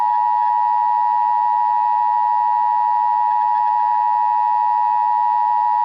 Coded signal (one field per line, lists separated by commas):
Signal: Emergency Alert System (SAME) tones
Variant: 853 and 960 Hz attention tone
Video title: Real EAS Alert # 10 - Blizzard Warning